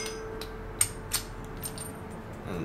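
A metal puzzle piece is worked loose on a Hanayama/BePuzzled Knight Cast Chess puzzle (level 2 of 3, interlocking cast metal chess-knight) during the second step. A faint tap at 0.4 s leads to a sharp metallic click at 0.8 s, followed by a softer clink near 1.1 s over a low steady hum. The pieces come free and the puzzle is released.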